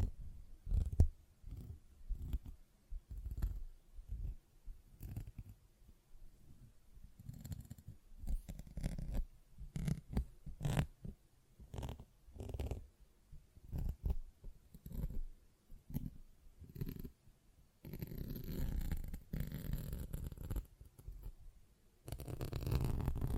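A sponge is handled in short, repeated bursts of squishing and scratching, each burst full and low with a rough, bright edge. The strokes come irregularly, about one or two per second, with brief gaps. Near the end a longer, denser rubbing passage takes over, ending in a final heavy squish.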